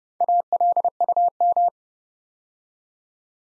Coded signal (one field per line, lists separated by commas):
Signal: Morse code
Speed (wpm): 30 wpm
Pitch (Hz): 700 Hz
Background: none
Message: ALUM